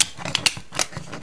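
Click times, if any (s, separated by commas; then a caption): 0.5 s. The chest panel of a plastic transforming robot toy is folded up and pushed into the torso, making a short series of sharp, light clicks. The loudest click, at 0.5 s, is where the panel locks into place, with another snap following at about 0.8 s.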